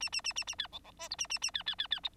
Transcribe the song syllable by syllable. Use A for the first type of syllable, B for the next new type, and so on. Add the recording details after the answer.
A A A A A B C C D E A A A B B B B E. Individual Bird9